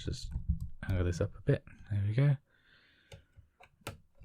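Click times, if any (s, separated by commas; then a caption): 3.9 s. A plastic part from a Thunderbird 2 scale model kit is pushed into its mount in the model pod frame while someone talks. After the talking stops, a few faint ticks come at about 3.1 s and 3.6 s. The part then clips into place with a sharp click at 3.9 s.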